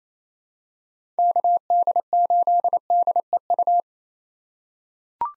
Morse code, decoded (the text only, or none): KD8DEU